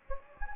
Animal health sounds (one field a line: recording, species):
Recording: mosquito wingbeat signal from an infrared sensor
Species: Anopheles gambiae